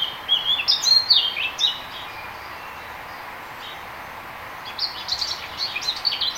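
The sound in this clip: Eurasian blackcap song: a quick run of warbled, fluty phrases for about two seconds, a pause, then another brisk warbling burst near the end.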